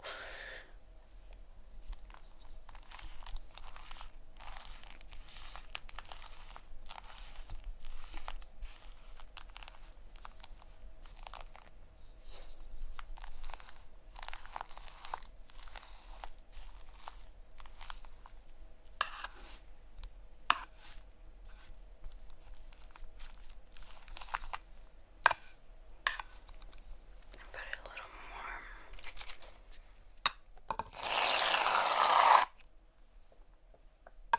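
Shaving cream and plastic wrap being handled, with dense, irregular crinkles and soft rubbing strokes that keep up throughout. Crackles come in quick bursts, some sharper around the middle. Near the end a loud, steady rush of spraying lasts about two seconds before stopping abruptly.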